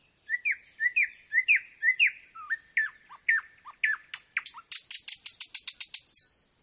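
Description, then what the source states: Nightingale song: a series of repeated slurred whistles, then downward notes, ending in a fast high rattling trill. Singing at night; nocturnal performance.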